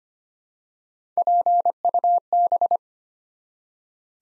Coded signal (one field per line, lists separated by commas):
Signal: Morse code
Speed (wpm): 25 wpm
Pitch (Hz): 700 Hz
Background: none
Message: PUB